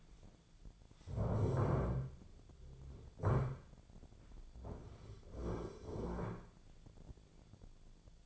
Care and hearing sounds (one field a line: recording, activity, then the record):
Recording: daily activity, microphone in the room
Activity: stand up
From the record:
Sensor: 5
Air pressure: 1008.2 hPa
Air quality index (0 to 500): 154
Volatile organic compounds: 3 ppm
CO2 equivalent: 1481 ppm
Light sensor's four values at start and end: 60/169/66/66 and 60/169/66/66